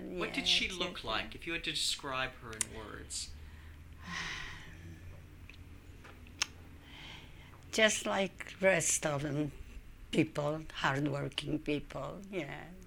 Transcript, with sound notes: What did she look like, if you had to describe her in words?
( she sighs ) Just like the rest of the people, hardworking people, yeah.